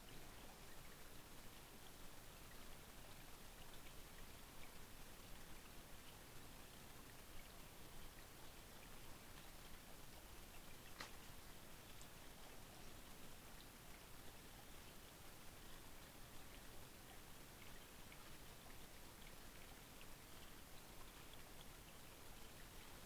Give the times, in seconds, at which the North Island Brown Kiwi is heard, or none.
none